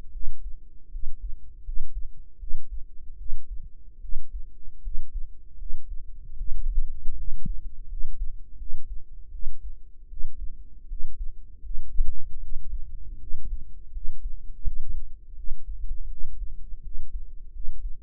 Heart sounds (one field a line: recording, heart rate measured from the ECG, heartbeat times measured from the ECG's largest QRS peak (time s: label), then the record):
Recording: heart sounds by microphone in the right ear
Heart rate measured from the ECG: 79 bpm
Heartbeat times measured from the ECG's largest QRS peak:
0.11 s: heartbeat
0.90 s: heartbeat
1.63 s: heartbeat
2.38 s: heartbeat
3.16 s: heartbeat
3.99 s: heartbeat
4.81 s: heartbeat
5.56 s: heartbeat
6.35 s: heartbeat
7.15 s: heartbeat
7.87 s: heartbeat
8.56 s: heartbeat
9.29 s: heartbeat
10.07 s: heartbeat
10.86 s: heartbeat
11.61 s: heartbeat
12.38 s: heartbeat
13.17 s: heartbeat
13.91 s: heartbeat
14.62 s: heartbeat
15.34 s: heartbeat
16.07 s: heartbeat
16.81 s: heartbeat
17.51 s: heartbeat
From the record:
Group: healthy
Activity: rest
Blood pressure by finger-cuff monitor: 90/53 mmHg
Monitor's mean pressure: 65 mmHg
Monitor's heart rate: 80 bpm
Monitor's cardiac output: 7.3 L/min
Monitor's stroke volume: 92 mL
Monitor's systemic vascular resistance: 630 dyn s/cm5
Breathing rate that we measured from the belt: 20 breaths a minute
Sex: female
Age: 19 years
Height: 163 cm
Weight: 48.9 kg